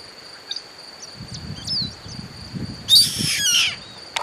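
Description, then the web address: Bird call, one loud harsh rasp near the end, preceded by soft low rustling and a few faint high chirps, with a continuous high tone throughout. "BIRD 2015 SABIOD 50 bird 2015"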